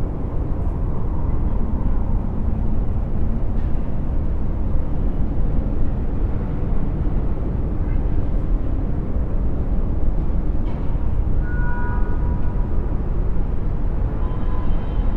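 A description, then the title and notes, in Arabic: A city soundscape: a steady, dense low rumble of traffic fills the whole fifteen seconds without letting up. Faint brighter sounds drift over it, with a short tonal squeal or horn-like note near twelve seconds and another toward the end. مشهد المدينة الصاخب | أصوات من أفق المدينة. نستدرجك لتصعد 20 طابقًا فوق منظر المدينة المتنوع. إنه يشبه سوناتا حضرية، نسيج من الأصوات التي تتجمع لتشكيل كوكون مريح من التردد البني.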